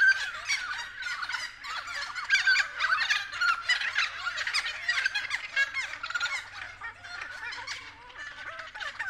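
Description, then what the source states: Friarbirds calling in a dense, noisy chorus of raspy, gurgling and cackling notes, tumbling over one another almost without pause. Several friarbirds, recorded at 6:30 AM.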